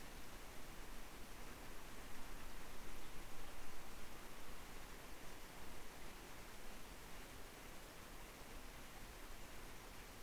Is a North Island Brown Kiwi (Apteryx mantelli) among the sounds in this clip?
no